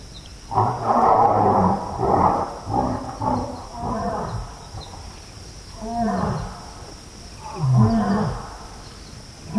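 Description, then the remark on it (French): Lions roar in the distance, a series of deep, heaving grunting calls rising and falling in a slow rhythm, over a steady high insect hiss with no one speaking. “On entend déjà un petit peu les lions au loin. Voilà, donc là, il y a deux lions qui se répondent. Je m'y retrouve là, je suis à nouveau en leur présence. Alors là, je pense qu'il y a, il y a une querelle entre deux individus sur la carcasse.”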